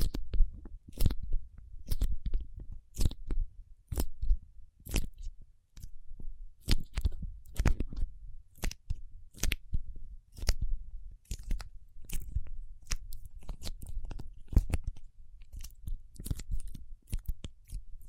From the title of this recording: Paraffin Wax Peeling, Tapping and Scratching